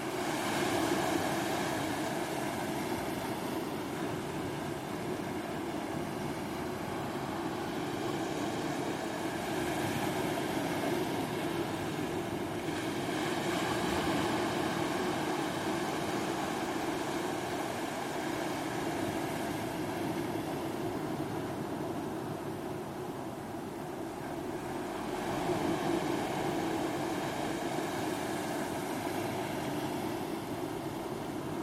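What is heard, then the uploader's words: Waves wash steadily onto a beach in a dense, continuous roar, swelling slightly every ten seconds or so as larger breakers arrive. Three rough and ready recordings of waves on beaches in North East England. It was a nice evening for walk.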